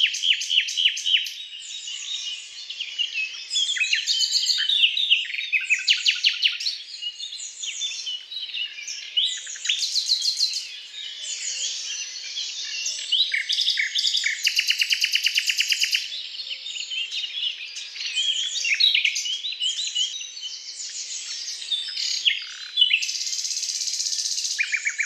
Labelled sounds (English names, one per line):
Common Nightingale song